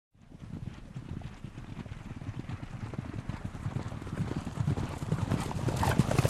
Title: Beyond Words: The Healing Power of Horse Sounds for Relaxation and Stress Relief